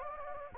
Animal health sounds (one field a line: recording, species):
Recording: mosquito wingbeat signal from an infrared sensor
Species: Anopheles gambiae